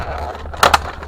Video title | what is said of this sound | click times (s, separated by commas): Diamond Select STAR TREK Starship Legends Romulan Bird-of-Prey "Cloaked" (2018) | so she kind of just pops out just like that | 0.6 s, 0.7 s